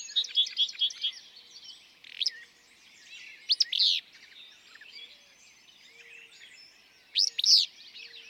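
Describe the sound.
Willow flycatcher singing brief explosive buzzy phrases, two loud bursts a few seconds apart, after a run of quick chirps from another bird; soft twittering continues throughout.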